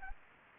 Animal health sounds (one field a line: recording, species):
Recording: mosquito wingbeat signal from an infrared sensor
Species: Anopheles gambiae